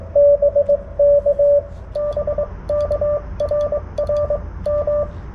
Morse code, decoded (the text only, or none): BK BK RR M